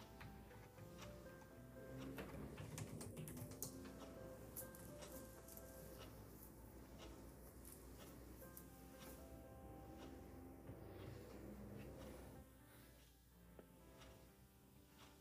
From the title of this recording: ticking clock, keyboard, lofi music, kpop instr.